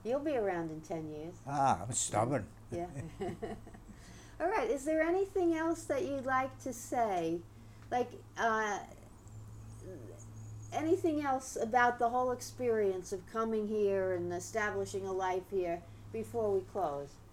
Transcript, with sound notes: You'll be around in ten years.
Ah. I'm stubborn.
( she laughs ) All right. Is there anything else that you'd like to say, like anything else about the whole experience of coming here and establishing a life here, before we close?